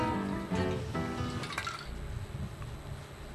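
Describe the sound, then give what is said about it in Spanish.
Lemon water being poured into a glass: a steady trickling pour with a few sharp splashy drips, moderately loud, with no one talking. “Agua con limón, para todos los enfrentamientos.”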